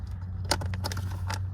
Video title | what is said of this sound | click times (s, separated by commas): Smart Fortwo - Blend Door Actuator | until it clicks there we go that's good | 0.5 s